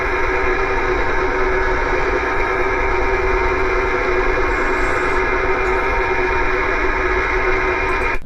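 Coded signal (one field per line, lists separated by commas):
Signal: HF data modem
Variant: STANAG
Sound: continuous dense rumbling, buzzing hiss like a diesel engine, unchanging for eight seconds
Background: radio static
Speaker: It's called Stanag. Now, Stanag is a digital mode used by the US military. And uh you hear it, it sounds like a diesel engine running.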